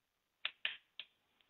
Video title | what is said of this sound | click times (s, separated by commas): TechonTarget Live Firearms Safety Course | step one to load a semi-automatic pistol is to actually go ahead and insert your magazine until it clicks | 0.5 s, 0.6 s